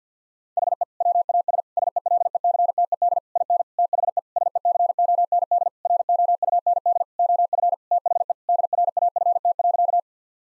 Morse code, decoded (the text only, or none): HE WAS SELECTED IN THE SECOND ROUND OF THE DRAFT.